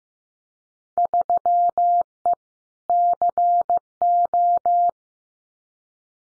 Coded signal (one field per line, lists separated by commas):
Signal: Morse code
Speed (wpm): 15 wpm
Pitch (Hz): 700 Hz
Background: none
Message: 3E CO